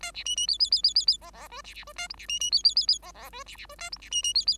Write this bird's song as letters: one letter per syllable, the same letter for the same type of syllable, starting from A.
A B C C D D D D D D E E F B B F A G B C C D D D D E E F B B F A G B C C D D